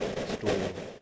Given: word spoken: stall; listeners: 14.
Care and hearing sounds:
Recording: one English word in noise, from a listening test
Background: noise modulated by three-talker babble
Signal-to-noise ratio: -4.6 dB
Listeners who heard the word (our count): 0 of 14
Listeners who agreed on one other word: 6 of 14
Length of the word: 0.62 s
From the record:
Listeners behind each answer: 6, 3, 3, 1, 1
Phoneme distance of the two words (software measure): 14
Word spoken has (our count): 1 syllable, 4 phonemes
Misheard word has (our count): 1 syllable, 4 phonemes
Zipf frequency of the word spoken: 4.18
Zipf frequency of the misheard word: 4.17

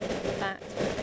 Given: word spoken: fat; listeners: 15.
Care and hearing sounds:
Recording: one English word in noise, from a listening test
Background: noise modulated by three-talker babble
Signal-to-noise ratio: -4.1 dB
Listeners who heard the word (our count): 0 of 15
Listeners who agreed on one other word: 11 of 15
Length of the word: 0.63 s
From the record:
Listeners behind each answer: 11, 2, 1, 1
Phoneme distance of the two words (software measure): 10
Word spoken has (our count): 1 syllable, 3 phonemes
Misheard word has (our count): 1 syllable, 3 phonemes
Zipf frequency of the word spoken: 4.77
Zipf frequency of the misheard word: 3.76

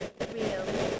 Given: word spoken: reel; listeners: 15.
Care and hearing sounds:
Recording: one English word in noise, from a listening test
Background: noise modulated by three-talker babble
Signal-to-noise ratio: -4.2 dB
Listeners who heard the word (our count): 1 of 15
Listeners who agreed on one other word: 10 of 15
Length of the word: 0.59 s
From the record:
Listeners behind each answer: 10, 2, 2, 1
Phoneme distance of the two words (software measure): 10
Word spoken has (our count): 1 syllable, 3 phonemes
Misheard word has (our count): 1 syllable, 3 phonemes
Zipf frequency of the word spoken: 3.56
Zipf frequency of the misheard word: 5.53

